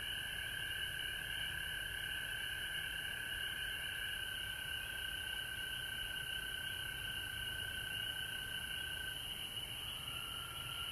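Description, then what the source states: Frogs in full chorus: a high, shimmering trill plus a long, steady lower trill that stops near nine seconds, then resumes slightly lower. Frogs recorded at home in Georgia on March 19, 2020.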